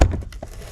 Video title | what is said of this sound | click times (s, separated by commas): Tagliando Alfa Romeo Giulia 2.2 cc 150 Cv - Car Service Alfa Giulia #alfaromeo #service #carservice | et avec la paume on va appuyer sur le filtre et on va entendre TAC TAC | 0.0 s, 0.3 s